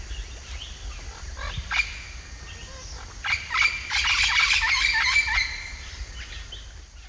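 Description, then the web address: Orange-winged amazon chatter: a jumble of rough squawks building into a dense burst midway, over a low rumble. Recorded in the eastern lowlands of South America. "ENTER Music and Audio. Nature Songs S America Eastern Lowlands. Orange-winged Amazon"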